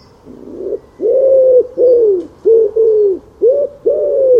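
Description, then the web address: Bird giving a string of low, hollow cooing notes, several in quick succession. "cianscape. Deverinetal 2025. Bird Only"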